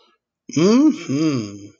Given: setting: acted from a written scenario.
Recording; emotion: vocal sound without words; contentment